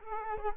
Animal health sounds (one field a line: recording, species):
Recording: mosquito wingbeat signal from an infrared sensor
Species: Culex quinquefasciatus